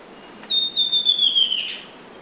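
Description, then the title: Southern chestnut-tailed antbird giving a single high, thin whistled note that holds steady then slides slightly downward, ending in a brief burry flourish. Subspecies pallens. "LuckyPassaro Completos2Sama. Southern Chestnut-tailed Antbird (Myrmeciza hemimelaena pallens)"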